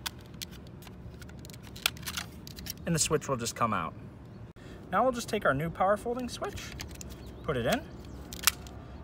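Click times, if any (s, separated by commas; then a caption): 8.5 s. A new power-fold mirror switch, part of a GM DL8 small mirror to DL3 power-fold upgrade on a 2014–2019 Silverado/Sierra, is pushed into its plastic opening in the door switch panel. Someone talks over faint handling ticks, then a sharp snap at 8.5 s marks the switch seating into place.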